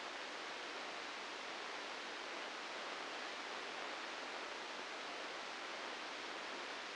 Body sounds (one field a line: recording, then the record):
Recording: brain microelectrode recording played as sound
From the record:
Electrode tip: outside the subthalamic nucleus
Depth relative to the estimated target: 1 mm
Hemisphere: right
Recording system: NeuroSet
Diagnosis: Parkinson's disease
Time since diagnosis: 9 years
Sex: female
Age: 51 years